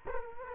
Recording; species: mosquito wingbeat signal from an infrared sensor; Culex quinquefasciatus